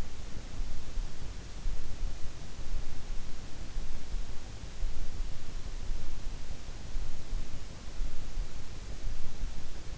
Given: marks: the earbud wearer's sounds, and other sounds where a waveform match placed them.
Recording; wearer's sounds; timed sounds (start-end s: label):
sounds in sleep by an in-ear microphone; breath
0.00-0.85 s: breath